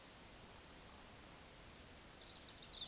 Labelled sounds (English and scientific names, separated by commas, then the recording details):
Eurasian Woodcock (Scolopax rusticola) whistle, Eurasian Woodcock (Scolopax rusticola) croak
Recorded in Baden-Württemberg, Germany, on 20 May 2021 at 19:44 UTC
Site 24606, 635 m above sea level